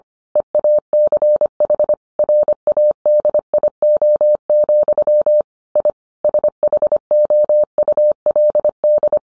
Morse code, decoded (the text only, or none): EACH RADIO, I SHOULD